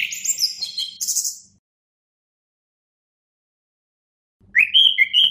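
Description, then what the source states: Orange-headed Thrush giving a fast, high twittering phrase, a pause of a few seconds, then a series of clear whistled notes. Masteran (tutor song for training birds); captive orange-headed thrush (anis kembang) named Azuro, owned by Daniel Gacor Bird Shop, Graha Raya, Tangerang.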